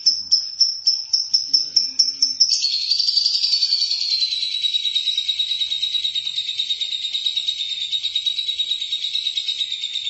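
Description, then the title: Lovebird chattering song: several sharp high chirps, then a long continuous buzzy, shrill twitter that slowly drops slightly in pitch, with rapid pulsing throughout. "BM Suara Burung Lovebird"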